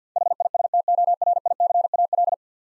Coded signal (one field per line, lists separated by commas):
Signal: Morse code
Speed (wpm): 50 wpm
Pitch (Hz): 700 Hz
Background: none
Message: HISTORICAL